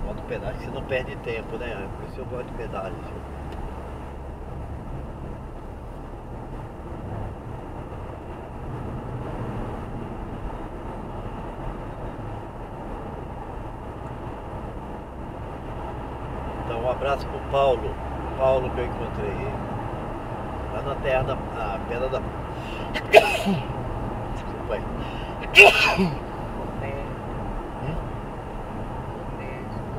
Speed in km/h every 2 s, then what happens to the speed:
69, 75, 81, 86, 91, 95, 97, 100, 102, 99, 95, 94, 91, 87, 84.
0-15 speeds up to 102. 15-30 slows to 84.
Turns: none.